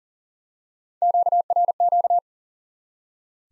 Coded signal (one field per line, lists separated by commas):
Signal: Morse code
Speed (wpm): 37 wpm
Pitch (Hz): 700 Hz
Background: none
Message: QRQ